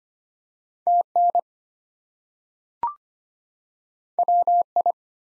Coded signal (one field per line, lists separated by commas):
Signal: Morse code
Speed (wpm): 25 wpm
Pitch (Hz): 700 Hz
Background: none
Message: TN WI